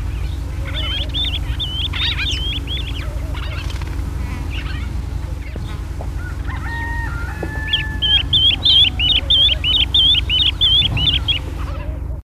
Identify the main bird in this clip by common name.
Swallow-tailed Bee-eater